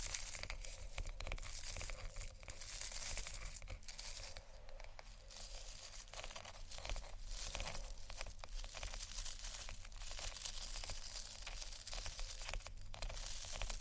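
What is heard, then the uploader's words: Crinkling and crackling textures, like paper or plastic being crumpled and torn, run continuously with bright, dense rustle. Brief quieter gaps interrupt the handling every few seconds. Beneath it sits a steady low hum. ASMR Relaxing Textures（No Talking）.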